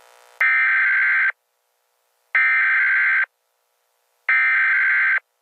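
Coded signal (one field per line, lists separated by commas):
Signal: Emergency Alert System (SAME) tones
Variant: header bursts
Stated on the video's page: Self-made fictional alert.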